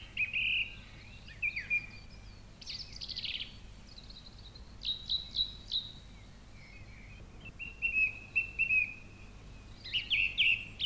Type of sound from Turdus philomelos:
song